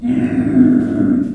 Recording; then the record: squeal of a Yucatan mini pig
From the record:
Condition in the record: after surgery on the right vocal fold (resection and tissue-engineered implant); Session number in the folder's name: 3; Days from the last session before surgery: 21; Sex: female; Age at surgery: 19 weeks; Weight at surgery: 25 kg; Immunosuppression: prednisolone